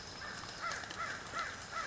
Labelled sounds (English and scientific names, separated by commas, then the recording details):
American Crow (Corvus brachyrhynchos)
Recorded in Sonoma County, California